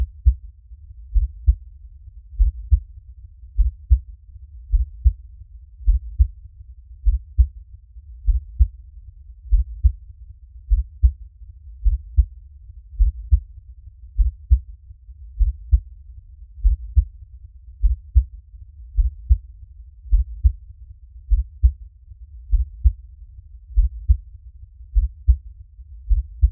Heartbeat.